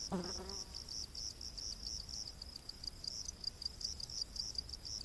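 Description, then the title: Cricket chirping in uneven high-pitched bursts under background hiss, with a brief lower sliding call near the start. Crickets in a rainforest at night. "Crickets of the Rainforest 🌿. Exotic Insect Orchestra"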